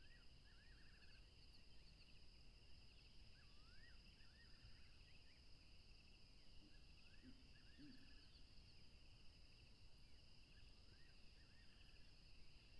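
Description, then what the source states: Steady cricket trills run throughout as a bird calls repeatedly with rising whistles followed by short rattles, plus a soft low note midway. Several crickets recorded at a tropical river.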